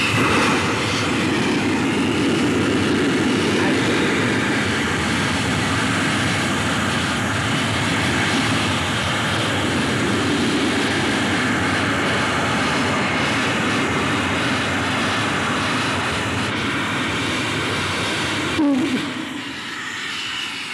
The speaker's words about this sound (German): Fantastisch, ein scharfer blauer Flammenstrahl stand da jetzt hier 30 Sekunden lang über dem Gelände. Ja. Ein Donnern war das.